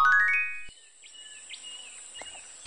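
A cockatoo perched at a window calls with a quick series of bright, rising tones, then a scatter of faint, high chirps and whistles trailing off over a quiet background.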